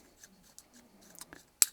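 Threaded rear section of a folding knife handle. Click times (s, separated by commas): 1.6 s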